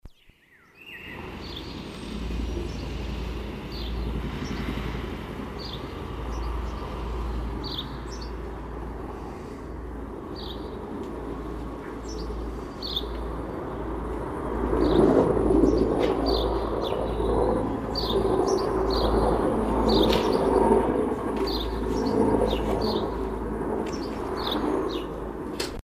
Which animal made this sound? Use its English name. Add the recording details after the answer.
House Sparrow. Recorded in the wild. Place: Kaiserslautern, Rheinland-Pfalz, DE. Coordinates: 49.4247, 7.77889. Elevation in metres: 279. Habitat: garden. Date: 1977-04-15. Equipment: Nagra IV, Sennheiser MKH 405, Parabolreflektor. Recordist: Tretzel, Erwin. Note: Garten Nachbar Huberti, Kaiserslautern: Gesang